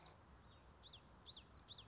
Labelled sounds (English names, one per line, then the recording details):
Common Yellowthroat
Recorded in Sonoma County, California